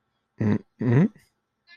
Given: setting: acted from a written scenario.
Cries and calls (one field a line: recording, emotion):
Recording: vocal sound without words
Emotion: neutral